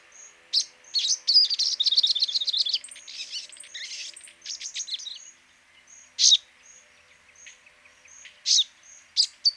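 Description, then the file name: Olive-backed sunbird song: a dense rapid trill of high twittering notes, followed by a few scattered sharp single chips. "Cinnyris Frenatus"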